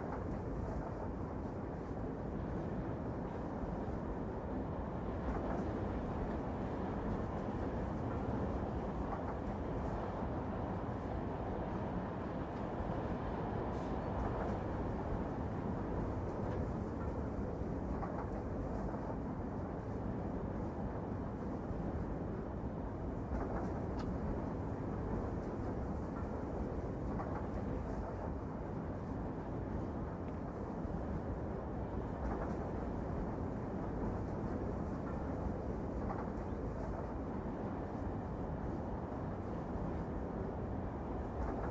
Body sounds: background sound without coughing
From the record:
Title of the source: Train Ride Ambience ambient white noise for sleeping, focus, studying, reading

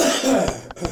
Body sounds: coughing mixed with background sound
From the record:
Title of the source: Residual Phlegmy Morning Coughing and Gagging

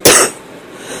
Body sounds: coughing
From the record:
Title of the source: 34 coughing up crap again

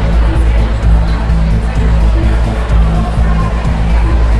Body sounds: background sound without coughing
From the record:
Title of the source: Party Noise 1 Hour Party Ambience

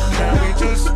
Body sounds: coughing mixed with background sound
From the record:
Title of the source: female coughing - coughing sound effects girl

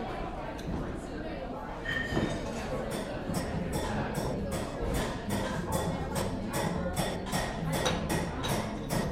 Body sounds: background sound without coughing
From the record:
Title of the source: 60 minutes of coffee shop sounds for study and concentration

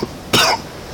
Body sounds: coughing mixed with background sound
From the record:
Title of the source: Coughing 60

